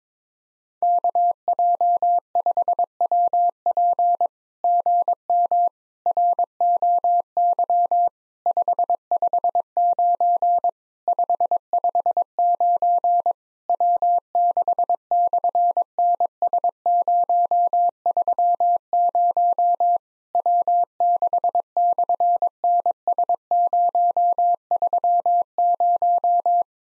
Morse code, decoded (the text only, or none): KJ5WP GM ROY 559 559 W6/NS030 W6/NS030